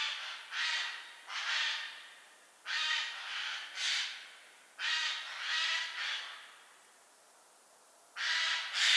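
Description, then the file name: Eurasian jay calling in harsh, scratchy screeches, usually paired, several pairs in nine seconds with a longer silent stretch before the last. "Garrulus glandarius"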